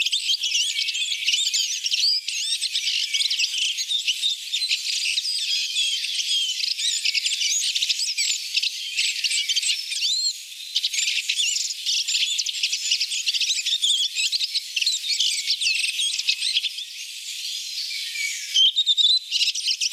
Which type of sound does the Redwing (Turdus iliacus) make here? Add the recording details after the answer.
song. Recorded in the wild. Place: Wasenweiler bis Merdingen, Baden-Württemberg, DE. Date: 1983-04-04. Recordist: Schwarz, Dieter. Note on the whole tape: Song